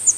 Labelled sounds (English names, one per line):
Yellow-throated Warbler flight call